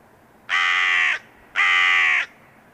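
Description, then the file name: Carrion crow giving two harsh, hoarse caws, each lasting under a second, about a second apart. "Corvus corone"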